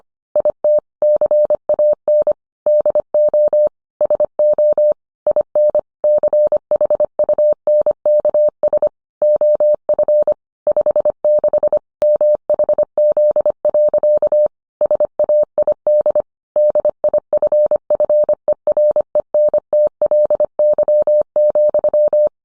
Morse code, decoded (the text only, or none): IT CAN DO SO IN CHUNKS OF 56 MHZ. SAID DIFFERENTLY,